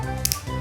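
A resealed screw cap on a glass energy-drink bottle is twisted open over a steady tonal background hum. Two sharp cracks sound close together at about 0.3 seconds. The seal releases, and the cap still gives the crack of a factory seal.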